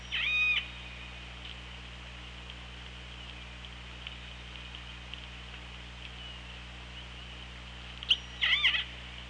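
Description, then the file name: Orca pulsed calls, a short harmonic squeal at the start and a paired burst near the end, separated by a long quiet stretch of steady underwater hiss and low hum. Underwater hydrophone at OrcaLab, 24 August 2017, 15:41:23. "Orca Lab UTLN JASON 20170824 154123"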